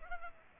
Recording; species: mosquito wingbeat signal from an infrared sensor; Culex pipiens